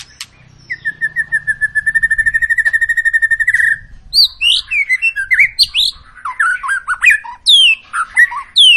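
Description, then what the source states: White-rumped shama song beginning with a long, steady rapid trill, then bursting into loud, varied swooping whistles and chattering phrases. Long lure song (pancingan) of an actively singing (gacor) white-rumped shama, intended to prompt other birds to sing.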